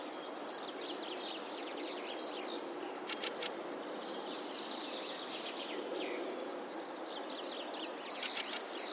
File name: Parus major